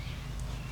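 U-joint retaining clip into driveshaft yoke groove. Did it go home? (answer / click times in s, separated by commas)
no / none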